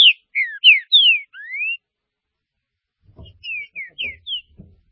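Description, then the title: Green-winged saltator song: a run of strong whistled notes ending in a long rising slur, then a quieter phrase over low thumping sounds. "Trinca Ferro"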